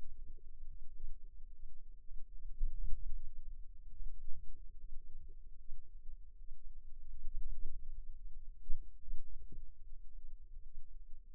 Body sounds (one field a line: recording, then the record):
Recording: forearm muscle sounds (acoustic myography)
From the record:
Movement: wrist flexion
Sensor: system 2, bracelet of six BSWA MPA416 microphones around the upper forearm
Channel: 5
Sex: female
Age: 22 years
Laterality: right